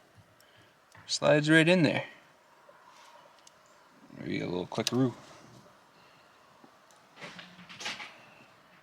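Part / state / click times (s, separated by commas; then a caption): steering wheel button into steering wheel trim / not seated / none. A replacement plastic BMW M1/M2 steering wheel button is handled and pressed toward its opening in the steering wheel trim of an M2, M3 or M4. Someone talks in short bursts, with faint, brief handling ticks in the quiet gaps. Nothing has seated or clicked yet by the end.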